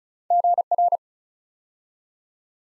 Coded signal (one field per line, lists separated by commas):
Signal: Morse code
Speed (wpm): 34 wpm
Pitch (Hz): 700 Hz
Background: none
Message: GR